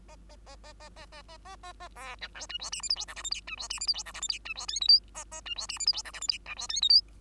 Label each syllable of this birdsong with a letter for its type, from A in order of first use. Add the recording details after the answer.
A A A A A A A A A A A B C D E F G H I J K L M N E F G H I J K L M N E F O P Q A A E F G H I J K L M N E F O P Q. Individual Bird2